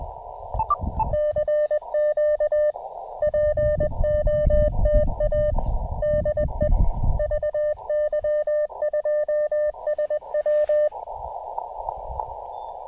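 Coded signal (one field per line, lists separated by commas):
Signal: Morse code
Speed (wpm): 20 wpm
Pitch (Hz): 590 Hz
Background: radio noise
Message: CQ POTA DE VY2SW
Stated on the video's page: Real-time QRP CW Parks on the Air activation with an Elecraft KX2, KXPD2 paddles and a homebrew 40m end-fed half-wave antenna.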